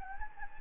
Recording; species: mosquito wingbeat signal from an infrared sensor; Anopheles gambiae